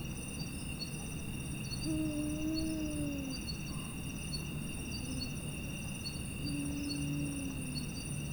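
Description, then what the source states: Arabian eagle-owl hoots: two low, drawn-out notes a few seconds apart, over a steady high-pitched chorus of crickets. Five individuals hooting at dusk.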